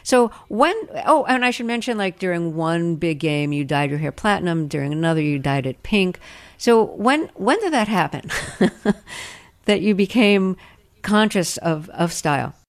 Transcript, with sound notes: Oh, and I should mention, like, during one big game, you dyed your hair platinum, during another, you dyed it pink. So when did that happen (laughter) that you became conscious of style?